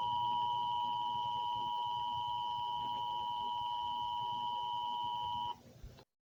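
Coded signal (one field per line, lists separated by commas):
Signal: Emergency Alert System (SAME) tones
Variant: 853 and 960 Hz attention tone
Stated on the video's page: Fictional EAS scenario, not a real alert.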